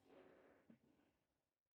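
The front of a plastic decorative button cover is set into place on an electric kettle's switch housing, with soft, muffled handling sounds, a brief dull bump near 0.7 s, and a fade to silence. Nothing has seated or clicked yet.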